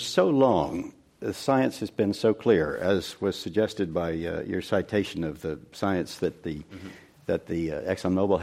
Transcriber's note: none